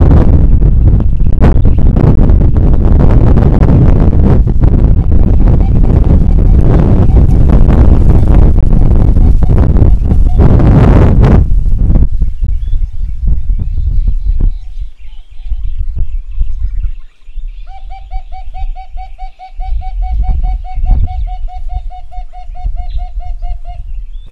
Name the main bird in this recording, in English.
Red-fronted Barbet